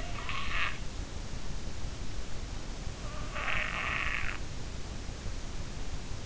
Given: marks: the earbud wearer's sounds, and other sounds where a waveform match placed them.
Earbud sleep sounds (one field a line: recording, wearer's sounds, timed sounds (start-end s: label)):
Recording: sounds in sleep by an in-ear microphone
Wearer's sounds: snoring breath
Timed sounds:
0.19-0.88 s: snoring breath
3.12-4.58 s: snoring breath